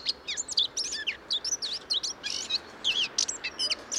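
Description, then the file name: Eurasian blackcap song: a fast warble of high, scratchy and whistled notes, rising and falling swiftly. "Sylvia atricapilla"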